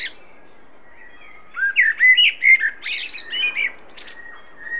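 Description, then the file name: Common blackbird song: after a quiet start, a run of rich warbled whistles, then a thin high twittering flourish, with soft fluted notes trailing off. "Turdus merula"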